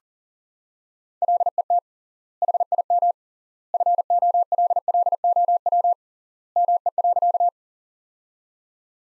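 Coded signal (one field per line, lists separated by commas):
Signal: Morse code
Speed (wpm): 40 wpm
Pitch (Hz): 700 Hz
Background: none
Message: LET HIM FOLLOW ME.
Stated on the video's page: Practice sentences from top 300 words sent at 40 wpm with three times standard word spacing, a word-level analogue of Farnsworth spacing.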